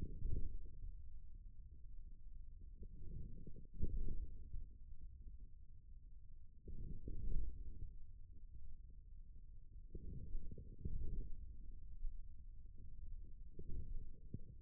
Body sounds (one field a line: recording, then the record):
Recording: forearm muscle sounds (acoustic myography)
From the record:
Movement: forearm pronation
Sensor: system 1, eight BSWA MPA416 microphones around the upper forearm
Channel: 6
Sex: male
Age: 41 years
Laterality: right